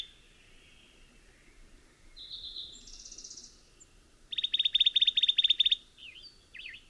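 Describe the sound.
Bird song with soft buzzy notes, then a dry rapid trill of many fast clicks lasting over a second, followed by two brief thin notes.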